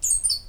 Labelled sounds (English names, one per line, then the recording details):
Stitchbird song
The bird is a male
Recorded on Tiritiri Matangi Island, New Zealand, in 2005
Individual 14, of nest box 20